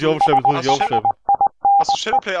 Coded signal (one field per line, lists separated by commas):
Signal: Morse code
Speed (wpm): 20 wpm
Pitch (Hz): 800 Hz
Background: speech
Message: SHINE